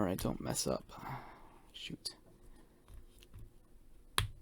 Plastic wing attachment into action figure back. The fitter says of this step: all right there you go snapped into place oh wow the wings are spring-loaded